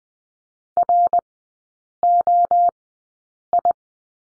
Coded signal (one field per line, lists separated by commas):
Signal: Morse code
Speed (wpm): 20 wpm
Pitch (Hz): 700 Hz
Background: none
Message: ROI